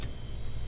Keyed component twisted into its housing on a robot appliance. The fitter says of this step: you hear that that was it going in place